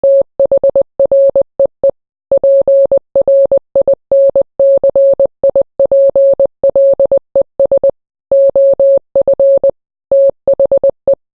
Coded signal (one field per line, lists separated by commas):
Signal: Morse code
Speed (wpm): 20 wpm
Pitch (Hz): 550 Hz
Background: none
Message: THREE PRINCIPLES OF THE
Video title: Taiwan Morse Code